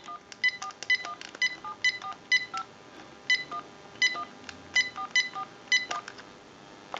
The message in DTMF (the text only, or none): 1417451144